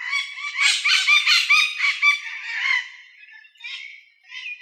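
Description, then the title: Blue-fronted parrot giving harsh, raspy squawks in quick succession, loud for about three seconds, then fading to softer scattered notes. "Papagaio verdadeiro"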